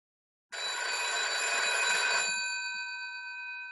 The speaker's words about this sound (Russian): С утра пораньше меня разбудил телефонный звонок.